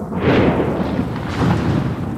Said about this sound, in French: L'orage. Des nuages chargés en pluie.